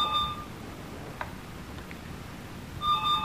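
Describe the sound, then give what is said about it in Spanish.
A telephone rings electronically: a bright, steady warbling tone sounds briefly, falls silent for a couple of seconds, then rings again over a low background rumble. “¿Hay alguien que coge el teléfono?”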